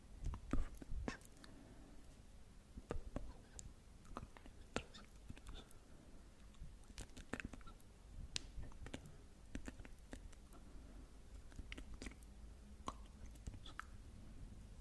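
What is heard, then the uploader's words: Wet mouth sounds of clicks, smacks and chewing-like pops come irregularly and densely over a soft breathy murmur throughout. Mouth Sounds.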